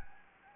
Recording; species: mosquito wingbeat signal from an infrared sensor; Anopheles gambiae